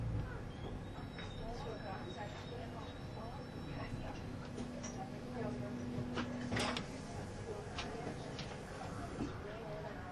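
A Swiss tilting ICN train runs on the Gotthard line, its steady low rumble filling the whole ten seconds. Voices talk over it throughout, and a brief sharp clatter stands out around six and a half seconds, while a thin tone hums underneath from about five to seven seconds.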